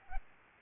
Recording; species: mosquito wingbeat signal from an infrared sensor; Aedes albopictus